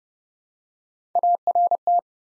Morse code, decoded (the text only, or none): ART